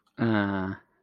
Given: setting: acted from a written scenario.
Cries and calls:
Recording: vocal sound without words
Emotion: shame

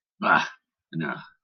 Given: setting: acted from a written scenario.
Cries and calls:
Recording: vocal sound without words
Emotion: contempt

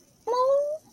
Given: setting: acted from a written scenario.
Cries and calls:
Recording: vocal sound without words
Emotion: adoration

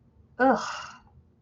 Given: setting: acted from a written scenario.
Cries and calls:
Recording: vocal sound without words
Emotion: disgust

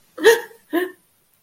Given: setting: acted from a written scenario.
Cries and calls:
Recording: vocal sound without words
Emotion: negative surprise

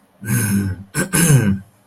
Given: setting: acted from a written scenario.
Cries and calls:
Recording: vocal sound without words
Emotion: anger

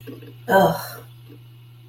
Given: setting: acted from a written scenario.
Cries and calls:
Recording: vocal sound without words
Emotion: contempt

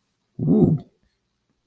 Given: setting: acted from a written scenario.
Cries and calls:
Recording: vocal sound without words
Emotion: interest

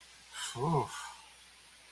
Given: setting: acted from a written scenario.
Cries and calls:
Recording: vocal sound without words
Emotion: desire

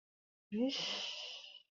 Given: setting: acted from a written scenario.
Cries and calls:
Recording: vocal sound without words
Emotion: embarrassment

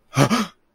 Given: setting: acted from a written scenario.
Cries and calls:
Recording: vocal sound without words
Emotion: fear

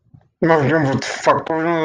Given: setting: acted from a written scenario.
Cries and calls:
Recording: vocal sound without words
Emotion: anger

